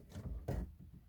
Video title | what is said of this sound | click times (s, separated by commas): Inlocuire macara geam usa spate stanga BMW 318d E90 2006 | Revenind înapoi, a făcut click și totul e în regulă. | 0.5 s